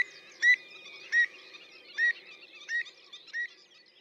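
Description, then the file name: Pied avocet giving a series of five loud, sharp calls, roughly two-thirds of a second apart. "Avocette-élégante-Recurvirostra-avosetta"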